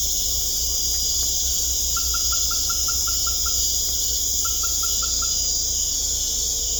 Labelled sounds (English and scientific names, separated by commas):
none